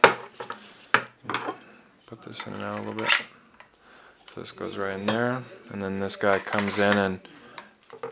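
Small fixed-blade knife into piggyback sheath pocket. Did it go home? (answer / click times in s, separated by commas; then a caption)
no / none. A small BK-14 fixed-blade knife is handled and pushed toward its piggyback slot on a molded sheath, with sharp clacks and scraping under someone talking. The clip ends before the knife snaps into place; nothing has seated yet.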